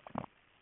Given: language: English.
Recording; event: throat vibration sensor signal played as sound; swallow